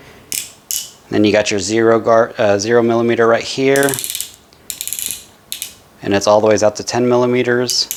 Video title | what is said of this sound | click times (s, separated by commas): Happy Nuts - The Ballber Pro | Once it is, you just push it down and it locks into place. | 0.3 s, 0.7 s